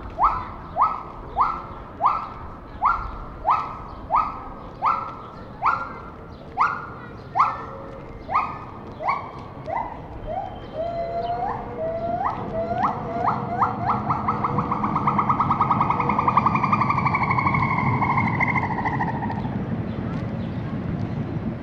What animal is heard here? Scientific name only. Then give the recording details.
Hylobates moloch. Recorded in captivity. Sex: female. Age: adult. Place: Zoo Rostock, Mecklenburg-Vorpommern, DE. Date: 1986-07-09 17:08. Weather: 14°C, z.T. Regen. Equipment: Nagra SN, Kopie Tesla B 116. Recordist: Tembrock, Günter